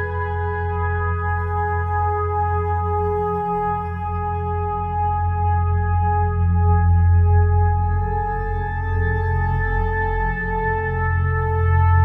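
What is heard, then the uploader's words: A synthesized rubbed-gong tone hums steadily, a stack of sustained ringing pitches held without a break for the whole stretch. A heavy, rumbling low drone churns underneath, swelling slightly louder after the midpoint, while a faint shimmer hovers above. Gongrub Atmosphere - Elevation For Icarus. Improvising with a drone patch from Elevation which combines re-synthesized rubbed gong sounds with FM synthesis.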